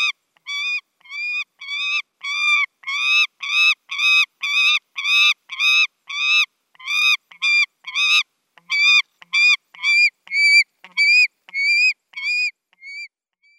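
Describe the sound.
Saker falcon calling in a fast, ringing series of rich, harsh notes, roughly two per second, briefly faltering midway before resuming.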